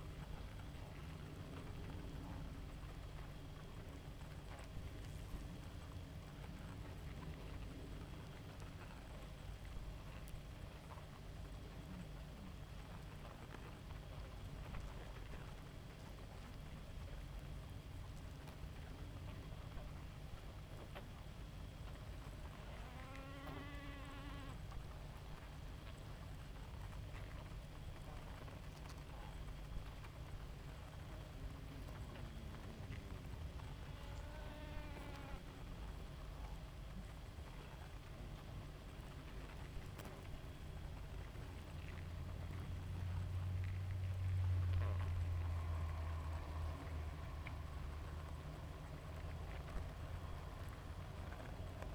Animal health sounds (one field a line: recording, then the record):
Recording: honeybee colony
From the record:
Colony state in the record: active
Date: 28 July 2017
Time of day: 0:12